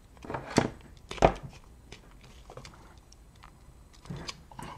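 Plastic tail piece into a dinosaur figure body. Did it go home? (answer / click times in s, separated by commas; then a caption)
no / none. A plastic tail piece is repeatedly pushed and worked into the body of a dinosaur figure, giving short plastic knocks and rubbing scrapes with brief sharp transients around 0.6 s and 1.2 s and again near the end. The tail has not clicked into place yet.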